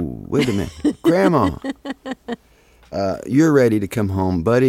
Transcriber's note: soundbite of laughter